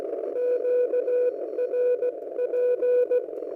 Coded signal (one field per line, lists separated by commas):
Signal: Morse code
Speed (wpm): 17 wpm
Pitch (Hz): 490 Hz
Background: none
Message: QRP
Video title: 80 Metre QRP DX test Electric Dipole (Modded) ⚡🙏⚡